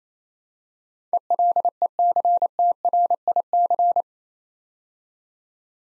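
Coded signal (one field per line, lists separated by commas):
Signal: Morse code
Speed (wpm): 28 wpm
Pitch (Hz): 700 Hz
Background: none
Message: ELECTRIC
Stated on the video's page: Morse practice at 28 wpm building 8-letter words two letters at a time, for instant character recognition.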